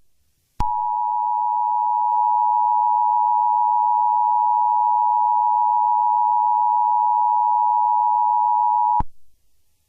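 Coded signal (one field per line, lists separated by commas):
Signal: Emergency Alert System (SAME) tones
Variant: 853 and 960 Hz attention tone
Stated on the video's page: Fictional EAS scenario; simulated, not a real alert.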